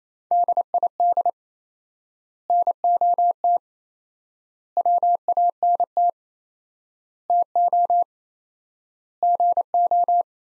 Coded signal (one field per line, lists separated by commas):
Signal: Morse code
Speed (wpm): 28 wpm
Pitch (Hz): 700 Hz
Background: none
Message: DID NOT WANT TO GO